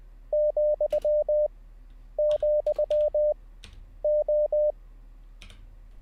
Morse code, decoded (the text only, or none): ,,O